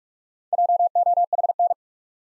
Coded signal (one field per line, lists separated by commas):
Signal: Morse code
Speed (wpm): 46 wpm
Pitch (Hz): 700 Hz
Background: none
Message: JOHN